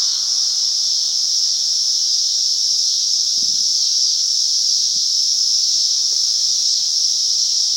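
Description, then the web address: Cicadas singing, a loud, continuous high buzz holding one steady pitch throughout, with a few faint low thumps beneath. "cicadas. rickyb"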